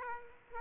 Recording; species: mosquito wingbeat signal from an infrared sensor; Aedes aegypti